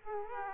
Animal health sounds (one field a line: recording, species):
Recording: mosquito wingbeat signal from an infrared sensor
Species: Aedes aegypti